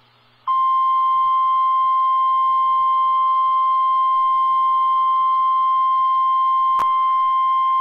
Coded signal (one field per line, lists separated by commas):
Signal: Emergency Alert System (SAME) tones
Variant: 1050 Hz attention tone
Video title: Real NOAA Weather Radio EAS Alert #77